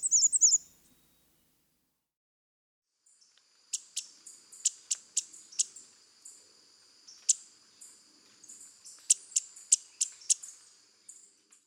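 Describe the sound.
Black-and-white warbler: a brief high chirping burst, a pause, then a long, irregular series of thin, very high notes.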